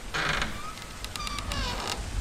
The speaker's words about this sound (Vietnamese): Có ai đó vừa trở mình, tiếng giường vang lên nhẹ nhẹ. Ngưng rồi, chắc là thằng nào khó ngủ.